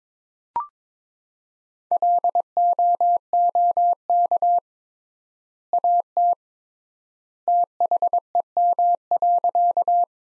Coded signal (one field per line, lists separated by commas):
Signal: Morse code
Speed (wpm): 21 wpm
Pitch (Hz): 700 Hz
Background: none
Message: LOOK AT THEM.